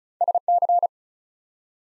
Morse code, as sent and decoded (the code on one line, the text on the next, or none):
... -.-.
SC